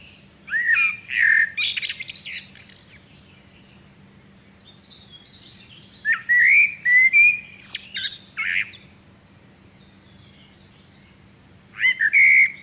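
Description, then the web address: Common blackbird song in three phrases: mellow whistled notes tipped with high, shrill twittering, each phrase separated by several seconds of quiet. "chant xeno-canto merle noir"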